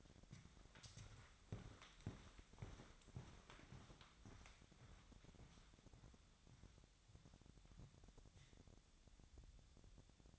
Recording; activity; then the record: daily activity, microphone in the room; walk to room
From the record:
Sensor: 3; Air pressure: 999.4 hPa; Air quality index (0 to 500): 195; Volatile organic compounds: 42 ppm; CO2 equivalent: 3177 ppm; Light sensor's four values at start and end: 8/19/7/7 and 8/19/8/7